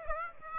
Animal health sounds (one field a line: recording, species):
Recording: mosquito wingbeat signal from an infrared sensor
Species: Aedes aegypti